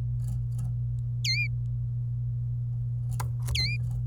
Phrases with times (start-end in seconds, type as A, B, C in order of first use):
1.25-1.47 A, 3.55-3.76 A